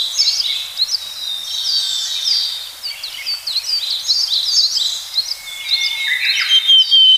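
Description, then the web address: Willow tit calls: a busy, overlapping chatter of high, quick, sliding chirps that continues throughout, with a brief clear whistle near the end. "sikioto. kogara"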